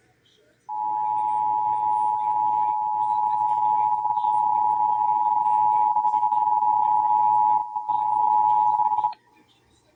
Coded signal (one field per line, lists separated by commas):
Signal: Emergency Alert System (SAME) tones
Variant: 853 and 960 Hz attention tone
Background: speech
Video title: (EAS #858-862) May 2025 Texas Required Monthly Test